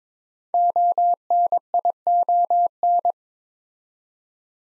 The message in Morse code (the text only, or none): ONION